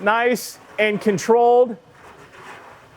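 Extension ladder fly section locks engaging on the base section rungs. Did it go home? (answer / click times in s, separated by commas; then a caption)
no / none. During a firefighter test demonstration, a candidate hauls the halyard to raise an extension ladder's fly section in a smooth, controlled manner, while someone talks for most of the clip. After the talking stops near 1.8 seconds, only faint, soft handling noise is heard. Nothing has clicked yet: the ladder locks have not engaged on the base section rungs.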